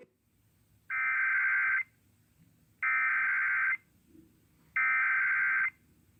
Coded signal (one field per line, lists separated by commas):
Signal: Emergency Alert System (SAME) tones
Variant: header bursts